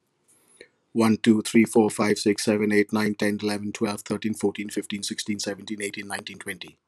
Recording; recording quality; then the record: counting at a fast pace; excellent, no background noise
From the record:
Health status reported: healthy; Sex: male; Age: 39 years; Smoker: yes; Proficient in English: yes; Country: India